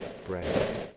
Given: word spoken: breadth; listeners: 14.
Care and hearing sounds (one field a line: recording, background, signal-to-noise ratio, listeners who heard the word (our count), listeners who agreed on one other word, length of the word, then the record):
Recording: one English word in noise, from a listening test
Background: noise modulated by three-talker babble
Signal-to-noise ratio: -7.6 dB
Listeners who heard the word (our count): 0 of 14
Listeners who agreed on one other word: 8 of 14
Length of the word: 0.57 s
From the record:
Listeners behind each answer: 8, 5, 1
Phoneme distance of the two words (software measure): 7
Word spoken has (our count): 1 syllable, 5 phonemes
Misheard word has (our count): 1 syllable, 4 phonemes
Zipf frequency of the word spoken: 3.45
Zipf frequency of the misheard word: 4.49